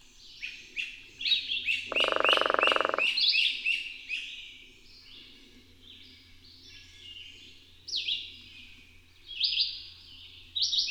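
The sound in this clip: Bird song of quick high chirps and sliding notes, a rapid run early on, with a loud pulsed croaking burst lasting about a second near the two-second mark.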